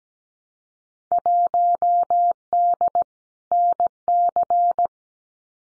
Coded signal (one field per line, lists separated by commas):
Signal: Morse code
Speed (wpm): 17 wpm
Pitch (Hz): 700 Hz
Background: none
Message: 1D NC